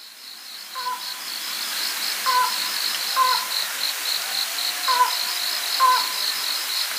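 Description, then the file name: Slaty-legged crake calls: short, hard notes repeated at irregular intervals of about one to two seconds, over a constant high buzzing of insects. Recorded on Ishigaki on 3 April 2018. "okuina ishigaki yanagawa"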